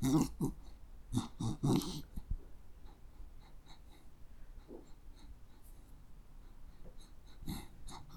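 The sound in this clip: Dog sniffing, quick bursts of breathy snuffling air in short clusters, mostly at the start, then quieter scattered sniffs and a final burst near the end.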